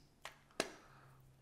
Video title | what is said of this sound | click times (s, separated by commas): BEST MagSafe Car Mount CD Slot Phone Holder on AMAZON! - Vicseed MagSafe Car Mount Installation | it just snaps into place. | 0.6 s